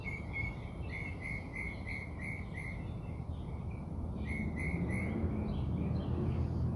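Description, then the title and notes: Birds giving a fast series of short chirps, then a pause and another run, over low rumbling noise. Birds singing outside the recordist's house. "Bird Songs Part Two. More bird songs outside my house"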